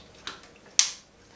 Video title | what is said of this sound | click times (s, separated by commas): Royal Enfield Himalayan Camshaft - 20% More Power Instantly! | you hear a click as you go in now reconnect the fuel line | 0.8 s